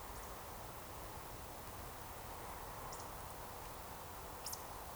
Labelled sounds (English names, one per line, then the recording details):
Eurasian Woodcock whistle
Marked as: whistle, whistle, whistle
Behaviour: display flight
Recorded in Baden-Württemberg, Germany, on 13 June 2020 at 20:02 UTC
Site 43791, 788 m above sea level